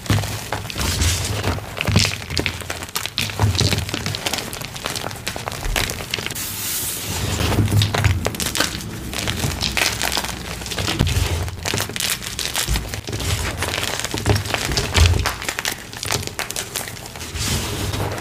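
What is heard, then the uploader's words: Chalk is crushed in dense, crunchy bursts, a steady run of crackling snaps and grinding with no real pauses. Sharp bright clicks sit over low thumps from pressing, with heavier crunches around seven and fifteen seconds. Deep Blue Dyed Chalk on a Bed of Chunks. Loud crunchy asmr oddly satisfying gym chalk crushing sounds.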